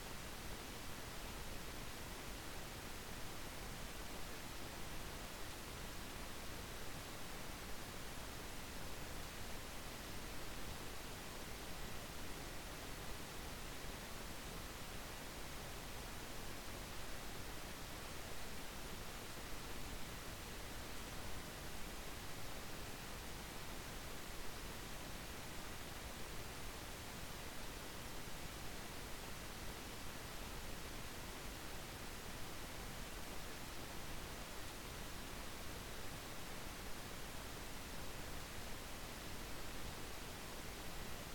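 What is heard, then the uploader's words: A steady white noise hiss fills the whole recording, dense and unchanging from start to finish. The sound is full and even, with a soft low rumble beneath a bright airy top and a faint thin tone held constantly in the upper middle. Cozy white noise.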